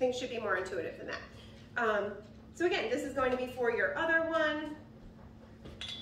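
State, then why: Seated. Someone talks while fitting the second infant car seat adapter onto the twin stroller frame. A single sharp click is heard at 5.8 seconds as the adapter seats into the frame, the same way the first one did.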